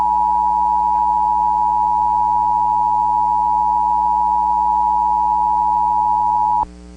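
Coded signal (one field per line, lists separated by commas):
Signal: Emergency Alert System (SAME) tones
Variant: 853 and 960 Hz attention tone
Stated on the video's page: Fictional EAS scenario.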